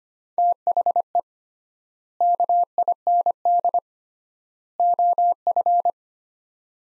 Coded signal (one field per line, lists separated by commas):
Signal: Morse code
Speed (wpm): 25 wpm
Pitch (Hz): 700 Hz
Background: none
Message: THE KIND OF